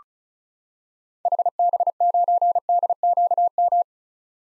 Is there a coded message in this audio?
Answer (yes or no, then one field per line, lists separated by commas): yes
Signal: Morse code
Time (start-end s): 1.3-3.8 s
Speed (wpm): 36 wpm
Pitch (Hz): 700 Hz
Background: none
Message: HB9DQM